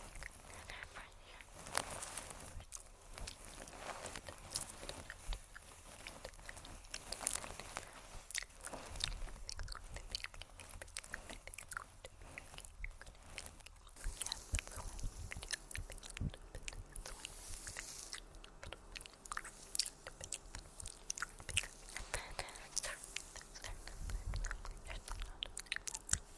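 Hair play and nail tapping fill the clip with a continuous crisp, crackling rustle, broken by frequent sharp, irregular taps. The texture stays dense and bright throughout, with a louder hissing swell near 18 seconds and occasional soft low thumps.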